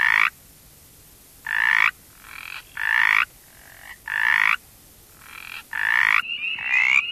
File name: Pseudacris brachyphona - Mountain Chorus Frog